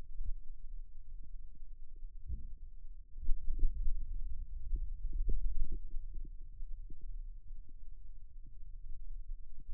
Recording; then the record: forearm muscle sounds (acoustic myography)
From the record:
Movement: wrist extension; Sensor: system 2, bracelet of six BSWA MPA416 microphones around the upper forearm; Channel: 4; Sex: male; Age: 22 years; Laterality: right